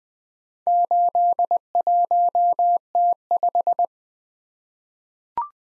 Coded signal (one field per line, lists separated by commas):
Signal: Morse code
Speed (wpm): 20 wpm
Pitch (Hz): 700 Hz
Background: none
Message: 81T5